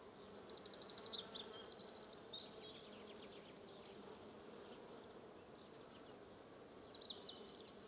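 Bees keep up an even buzzing hum, with quick runs of high bird chirps early on and again near the close.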